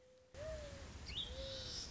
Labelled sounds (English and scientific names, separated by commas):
Mourning Dove (Zenaida macroura)